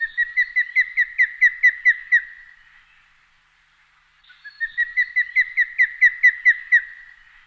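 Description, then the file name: Osprey call series: two bouts of many short whistled notes repeated quickly, separated by a silent pause. "голос скопы"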